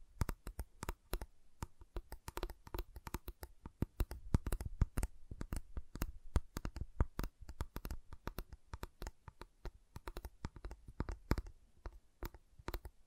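Fingers tap on a giant chocolate bar in quick, uneven bursts, several crisp clicks each second for the whole stretch. The taps are sharp and bright, some louder than others, with brief pauses between clusters and a quiet hush underneath.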